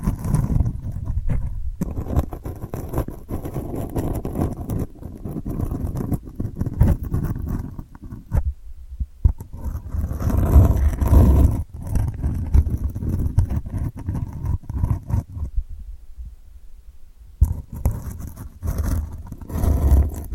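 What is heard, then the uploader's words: Delicate scratching, a dense run of soft, rapid scrapes with a low rumbling underlayer. The texture shifts in intensity, thinning to near-quiet low hum around 8–9 seconds and again from about 15 to 17 seconds before the scratching returns. ASMR Delicate Scratching for Sleep (No Talking).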